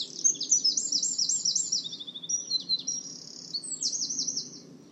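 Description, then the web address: Singing bird with fast, high-pitched warbled phrases, trills and a short dry series, then a run of quick repeated notes. "cianscape birddata Deverinetal 2025"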